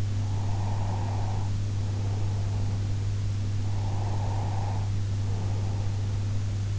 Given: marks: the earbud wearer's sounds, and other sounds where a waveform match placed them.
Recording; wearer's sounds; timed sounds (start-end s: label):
sounds in sleep by an in-ear microphone; breath
0.26-3.35 s: breath
3.58-6.35 s: breath